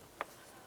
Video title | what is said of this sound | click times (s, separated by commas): How to Replace Side Mirror 2009-2019 Ford Flex | we'll put this in a position press it in listen for a click let's make our way up to the door grab handle | 0.2 s